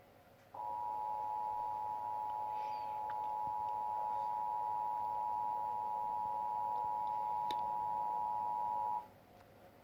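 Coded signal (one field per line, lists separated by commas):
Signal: Emergency Alert System (SAME) tones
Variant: 853 and 960 Hz attention tone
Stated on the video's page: Prank EAS Tornado Warning tones, fake Halloween alert.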